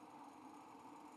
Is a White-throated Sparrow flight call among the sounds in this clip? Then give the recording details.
no. No flight call is heard. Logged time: 11:33 on 5 December 2014